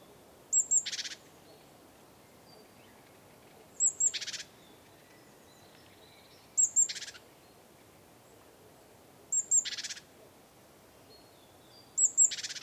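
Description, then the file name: Great tit calls: a thin high note followed at once by a harsh, buzzy churr, the pair repeated about every three seconds against quiet low background hiss. "Parus major"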